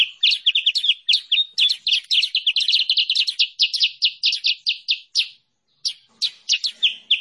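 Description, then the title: Sooty-headed bulbul song, a dense fast chatter of sharp chirps that runs for about five seconds, pauses briefly, then resumes with scattered notes. Masteran (training song) and pikat lure recording of kutilang sutra, used for trapping or training birds. "Masteran Kutilang Sutra. suara pikat burung kutilang sutra"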